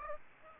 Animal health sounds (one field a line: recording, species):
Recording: mosquito wingbeat signal from an infrared sensor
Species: Aedes aegypti